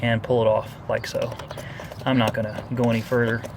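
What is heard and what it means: Someone talks while an electrical connector with a red locking tab is pulled off in the engine bay of a Grand Caravan, with faint handling sounds underneath. The red tab has not been pushed back in, and nothing has seated or clicked yet.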